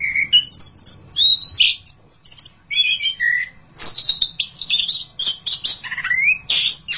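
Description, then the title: Thrush song, a varied run of high whistled and scratchy phrases, some sliding down, delivered in quick bursts with brief pauses between. "burung anis x"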